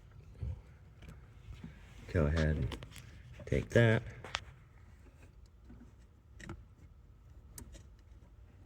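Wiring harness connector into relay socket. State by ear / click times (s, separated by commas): not seated / none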